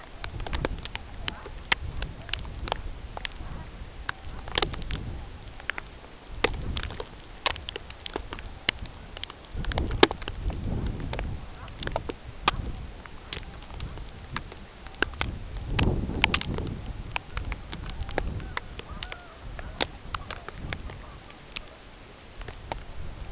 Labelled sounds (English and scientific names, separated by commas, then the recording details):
unidentified sound, Brent Goose (Branta bernicla)
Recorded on Arctic tundra, site CORI-1, on 16 June 2018
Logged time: 18:00